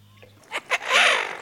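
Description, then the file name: Eurasian wigeon call, with a brief soft note, two clipped whistles and a drawn-out, strong whistle swelling up and fading down. "Свиязь Fischione"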